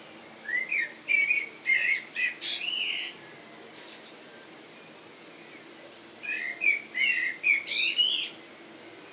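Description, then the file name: Common blackbird song: a mellow whistled run climbing into thin squeaky notes, a pause, then a similar fluty phrase with a high tail. "Turdus merula"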